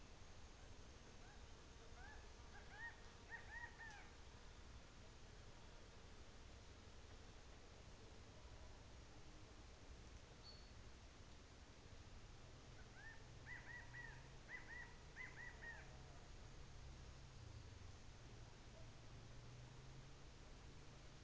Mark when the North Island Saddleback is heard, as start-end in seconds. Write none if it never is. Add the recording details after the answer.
none. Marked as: faintness 5/5. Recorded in New Zealand on 24 December 2018. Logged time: 15:05